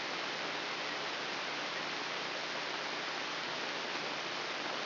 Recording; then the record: brain microelectrode recording played as sound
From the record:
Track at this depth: inside the subthalamic nucleus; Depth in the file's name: 4.307 mm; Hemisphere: left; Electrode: 3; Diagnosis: Parkinson's disease